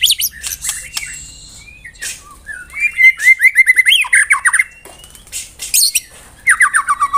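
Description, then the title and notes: White-rumped shama singing a jumbled medley, crisp chips and a fast run of repeated whistled notes, then rapid falling trills near the end. Lure sound. "Pikat Murai Batu Durasi Panjang. Burung Murai Batu"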